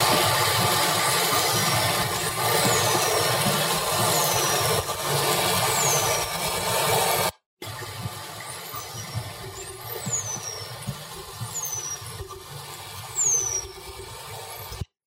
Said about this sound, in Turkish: Arkadan da belli belirsiz yunus seslerini duyacaklar. İkincisinde o gürültü biraz daha, ikincisinde de öndeki gürültü biraz daha arka planda kalacak. Çok arkada gene belli belirsiz yunusların kayıttaki seslerini duyabilecekler.